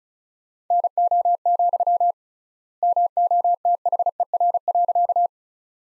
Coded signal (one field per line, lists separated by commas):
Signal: Morse code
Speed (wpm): 36 wpm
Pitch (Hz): 700 Hz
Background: none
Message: NO, MOTHER.